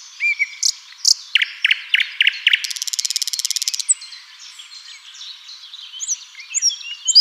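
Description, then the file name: Common nightingale song opening with loud separate notes, then a very fast buzzy trill, fading into softer varied chirps and whistles. "Luscinia megarhynchos"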